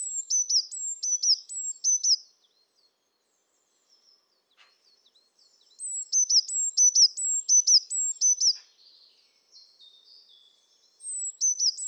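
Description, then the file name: Eurasian blue tit giving bursts of high, sharp, rapidly repeated notes, each series lasting a couple of seconds and separated by pauses of quiet. "Cyanistes caeruleus"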